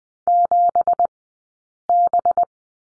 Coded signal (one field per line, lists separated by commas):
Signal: Morse code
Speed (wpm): 20 wpm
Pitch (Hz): 700 Hz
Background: none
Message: 7B